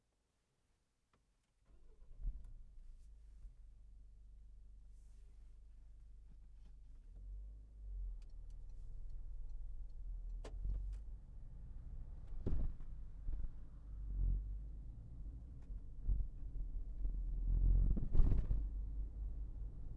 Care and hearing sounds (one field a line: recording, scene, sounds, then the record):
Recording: everyday scene through a hearing-aid microphone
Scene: in a vehicle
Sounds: engine starting, driving off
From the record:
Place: Berlingo II, diesel engine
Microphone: behind the ear, left, front